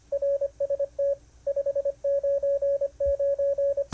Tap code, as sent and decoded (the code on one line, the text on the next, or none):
none